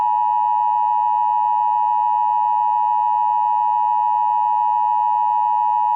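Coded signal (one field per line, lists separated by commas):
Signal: Emergency Alert System (SAME) tones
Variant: 853 and 960 Hz attention tone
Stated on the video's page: EAS tones from a fictional full scenario, not a real alert.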